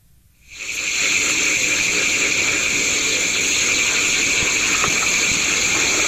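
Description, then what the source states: Frog chorus of several species calling at once, a dense continuous trilling and buzzing wash, steady after fading in. Played recording of several frog species calling simultaneously in Florida: pig frog, leopard frog, gopher frog, cricket frogs and two tree frogs.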